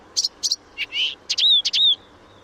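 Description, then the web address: Blyth's reed warbler song: sharp high clicks and chips followed by clear, slurred whistles, delivered in a brisk varied phrase. "chant rousserolle des buissons"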